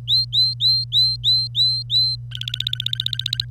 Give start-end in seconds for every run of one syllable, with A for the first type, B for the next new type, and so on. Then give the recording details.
0.08-2.16 A, 2.31-3.45 B. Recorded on 25 April 2018 at 08:59. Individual llb3